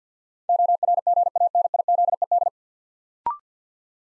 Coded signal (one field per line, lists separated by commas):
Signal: Morse code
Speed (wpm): 50 wpm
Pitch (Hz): 700 Hz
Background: none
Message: ORGANIZED